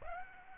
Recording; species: mosquito wingbeat signal from an infrared sensor; Aedes aegypti